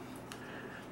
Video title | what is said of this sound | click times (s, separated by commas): DJI Phantom Landing Gear Skids | They just snap in place and it's back on. | 0.3 s